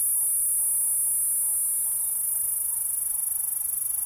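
P. catenata producing an unbroken, very high shrill buzz that holds steady across the whole stretch, with faint low background noise.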